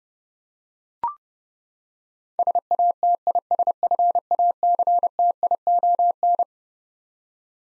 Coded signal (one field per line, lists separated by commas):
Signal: Morse code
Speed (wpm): 30 wpm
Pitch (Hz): 700 Hz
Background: none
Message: SATISFACTION